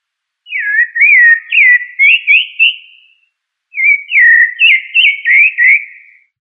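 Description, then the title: Thrush song: two clear whistled phrases, each a run of rising and falling warbled notes lasting about two and a half seconds, separated by a short pause. "Familia Turdidae - Sabia"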